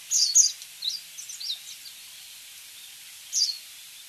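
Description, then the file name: Japanese wagtail gives a loud high opening phrase, then soft scattered high notes and another brief burst near the end. "segurosekirei"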